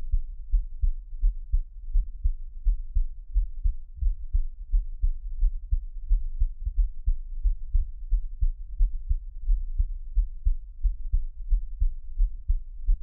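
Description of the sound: Steady, low, muffled close-up heartbeat thumps of an adult at about 87 beats a minute, made as a Taiwanese ASMR piece with no talking; ordinary normal heart sounds.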